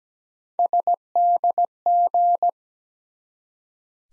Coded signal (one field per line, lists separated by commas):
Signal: Morse code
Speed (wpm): 17 wpm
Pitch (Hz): 700 Hz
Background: none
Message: SDG